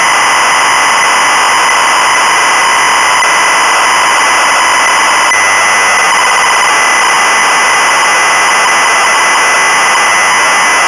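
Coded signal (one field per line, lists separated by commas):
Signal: ZX Spectrum tape loading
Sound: steady loud harsh screeching data noise with a rough buzzy texture throughout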